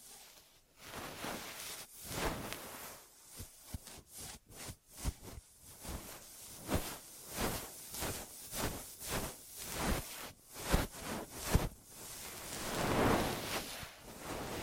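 Cleaning sounds made as an ear massage: a busy stream of soft rustling and rubbing strokes, repeating roughly every half second across the whole clip. Each stroke is short and hissy, some sharper and brighter than others, with a louder, grittier scrubbing passage near thirteen seconds.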